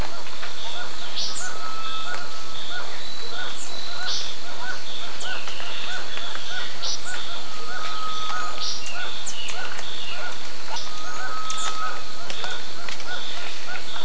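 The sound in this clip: Birds calling, with a steady run of short repeated chirps and occasional drawn-out whistles over a continuous noisy background.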